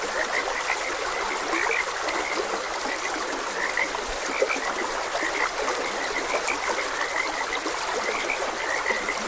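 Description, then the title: Frog chorus of rapid, repeated croaking notes running without pause, mixed with a broad wash of trickling stream water. Frogs croaking beside a gentle stream. "Gentle Stream and Frogs Croaking"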